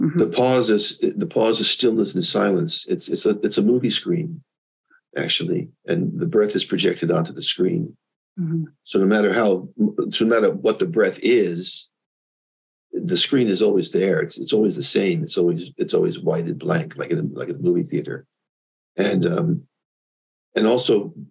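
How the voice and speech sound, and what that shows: Adult male speaker with Parkinson's disease, diagnosed around 2002 and now progressing. His speech has repetitions, mild stuttering, and word-finding pauses where he loses his words.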